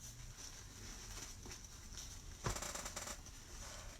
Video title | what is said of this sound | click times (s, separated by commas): Autism mesh wreath | And sometimes I use a pair of pliers to pull it through just so I hear it click. I just heard it click. | 2.0 s, 2.5 s, 3.0 s